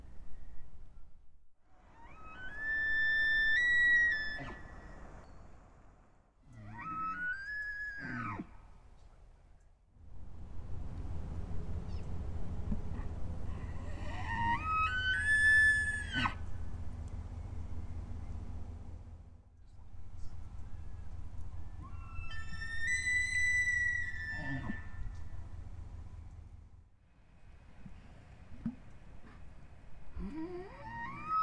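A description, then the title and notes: Bull elk bugle in a valley, each call a high, rising whistle that sweeps up and breaks off, heard near 2–5, 7–9, 14–16 and 22–25 seconds. Between calls a low, steady rumble of wind or water fills the background, with occasional grunts. The haunting bugle calls of bull elk in the alpine meadows and valleys along the Big Thompson River. A compilation of short recordings made in Rocky Mountain National Park at dusk. Elevation 8040 feet.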